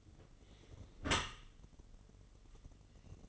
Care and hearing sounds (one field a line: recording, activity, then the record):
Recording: daily activity, microphone in the room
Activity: close dishwasher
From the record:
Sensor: 4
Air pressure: 1015.8 hPa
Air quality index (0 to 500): 104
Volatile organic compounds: 2 ppm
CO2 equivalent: 1169 ppm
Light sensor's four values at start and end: 8/19/7/7 and 8/18/7/7